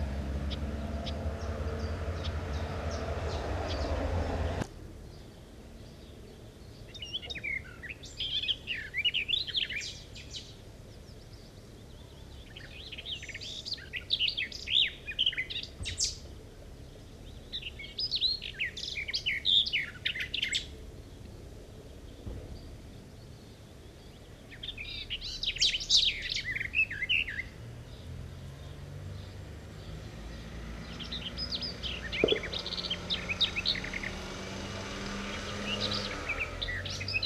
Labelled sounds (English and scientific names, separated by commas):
Garden Warbler (Sylvia borin) song